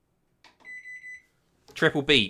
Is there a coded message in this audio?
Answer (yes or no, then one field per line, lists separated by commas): no